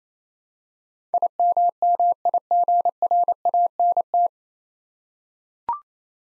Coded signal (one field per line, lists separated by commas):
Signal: Morse code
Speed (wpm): 27 wpm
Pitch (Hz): 700 Hz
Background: none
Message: IMMIGRANT